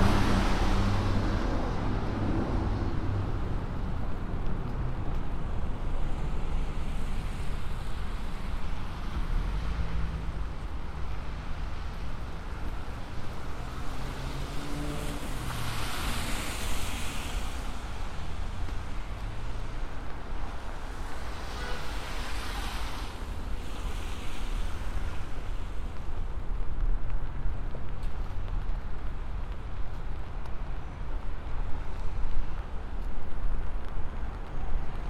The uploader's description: A binaural field recording, from the Queens Museum to my apartment in Harlem via the MTA